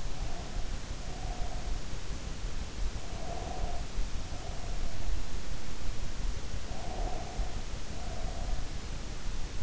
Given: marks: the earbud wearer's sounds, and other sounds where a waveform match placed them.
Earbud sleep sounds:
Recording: sounds in sleep by an in-ear microphone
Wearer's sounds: breath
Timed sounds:
0.00-1.88 s: breath
3.05-5.16 s: breath
6.62-8.76 s: breath

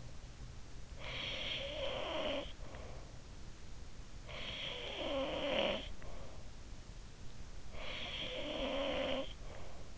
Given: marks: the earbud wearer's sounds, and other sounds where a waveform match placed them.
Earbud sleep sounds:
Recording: sounds in sleep by an in-ear microphone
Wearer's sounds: snoring breath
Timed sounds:
0.57-3.37 s: snoring breath
4.00-6.54 s: snoring breath
7.47-9.97 s: snoring breath

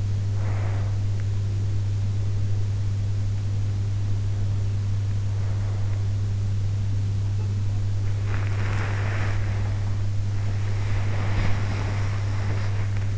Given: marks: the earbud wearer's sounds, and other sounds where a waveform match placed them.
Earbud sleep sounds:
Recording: sounds in sleep by an in-ear microphone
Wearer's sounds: breath, body movement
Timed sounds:
0.00-1.16 s: breath
8.59-13.18 s: body movement

